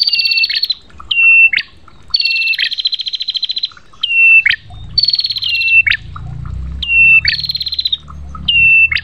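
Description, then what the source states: Prinia singing rapid buzzy stuttering trills and short clear whistles with an upward snap, phrases closely repeated, low rumbling hum in the background during the second half. Long-duration 'masteran' tutoring recording of prinia (prenjak) song.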